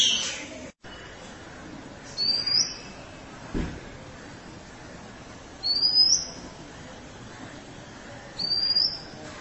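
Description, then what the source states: Oriental magpie-robin gives three short, high, rising whistles spaced about three seconds apart, with a quiet background between them. Chirping song (kicauan) of the bird.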